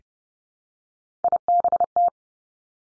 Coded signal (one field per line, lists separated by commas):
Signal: Morse code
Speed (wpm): 31 wpm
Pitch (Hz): 700 Hz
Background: none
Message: IBT